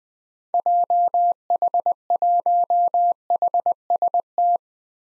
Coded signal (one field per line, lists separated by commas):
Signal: Morse code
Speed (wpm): 20 wpm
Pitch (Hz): 700 Hz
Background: none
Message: JH1HST